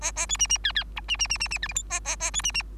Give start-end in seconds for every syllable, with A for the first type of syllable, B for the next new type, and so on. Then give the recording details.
0.01-0.12 A, 0.16-0.26 A, 0.28-0.37 B, 0.39-0.47 C, 0.49-0.58 C, 0.64-0.72 D, 0.75-0.84 D, 0.96-1.01 E, 1.08-1.17 C, 1.19-1.27 C, 1.29-1.38 C, 1.40-1.48 C, 1.50-1.58 C, 1.62-1.68 F, 1.69-1.73 G, 1.75-1.83 H, 1.90-2.00 A, 2.04-2.16 A, 2.20-2.31 A, 2.33-2.42 B, 2.43-2.52 C, 2.54-2.62 C. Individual Bird3